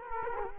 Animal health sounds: mosquito wingbeat signal from an infrared sensor; Culex quinquefasciatus

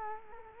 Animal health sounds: mosquito wingbeat signal from an infrared sensor; Culex quinquefasciatus

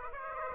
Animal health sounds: mosquito wingbeat signal from an infrared sensor; Aedes aegypti

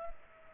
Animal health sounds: mosquito wingbeat signal from an infrared sensor; Culex pipiens

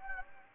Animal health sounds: mosquito wingbeat signal from an infrared sensor; Anopheles gambiae

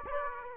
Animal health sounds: mosquito wingbeat signal from an infrared sensor; Aedes aegypti

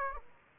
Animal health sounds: mosquito wingbeat signal from an infrared sensor; Aedes aegypti

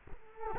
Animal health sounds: mosquito wingbeat signal from an infrared sensor; Culex quinquefasciatus

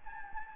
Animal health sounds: mosquito wingbeat signal from an infrared sensor; Anopheles gambiae

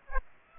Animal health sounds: mosquito wingbeat signal from an infrared sensor; Aedes aegypti

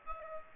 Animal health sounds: mosquito wingbeat signal from an infrared sensor; Aedes aegypti

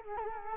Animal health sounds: mosquito wingbeat signal from an infrared sensor; Culex quinquefasciatus

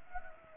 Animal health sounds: mosquito wingbeat signal from an infrared sensor; Anopheles gambiae

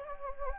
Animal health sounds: mosquito wingbeat signal from an infrared sensor; Anopheles gambiae

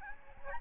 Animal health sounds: mosquito wingbeat signal from an infrared sensor; Aedes albopictus

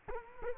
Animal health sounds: mosquito wingbeat signal from an infrared sensor; Culex quinquefasciatus

